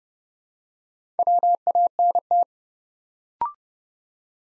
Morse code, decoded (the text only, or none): WANT